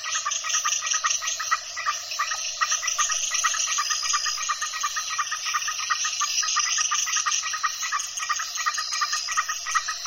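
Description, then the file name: A chorus of frogs gives quick, repeated clicking pulses over a continuous shrill insect buzz. El Cuyo, Mexico; at dusk; frogs calling together with insects. "El Cuyo MX Frogs And Insects At Dusk"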